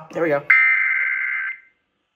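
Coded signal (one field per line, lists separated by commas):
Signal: Emergency Alert System (SAME) tones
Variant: header bursts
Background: speech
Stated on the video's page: Hurricane Helene EAS alerts, some received on a BC370CRS.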